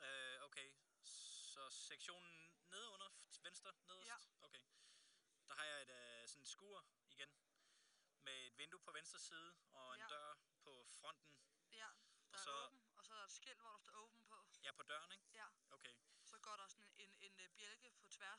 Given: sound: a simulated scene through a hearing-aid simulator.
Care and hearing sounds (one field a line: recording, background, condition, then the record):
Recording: conversation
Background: quiet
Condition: 65 dB SPL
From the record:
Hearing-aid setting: IV (slow-acting compression, loudness normalization)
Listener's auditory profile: A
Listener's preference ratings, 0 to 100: 97, 78, 95